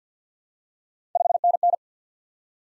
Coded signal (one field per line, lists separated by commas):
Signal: Morse code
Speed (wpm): 45 wpm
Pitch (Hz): 700 Hz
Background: none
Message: 5NN